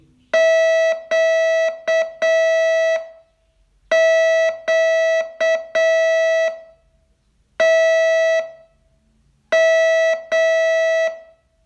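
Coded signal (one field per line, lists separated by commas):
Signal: Morse code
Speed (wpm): 7 wpm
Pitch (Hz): 650 Hz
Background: none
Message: QQTM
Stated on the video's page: Morse training lesson, day 30 of a 42-day course.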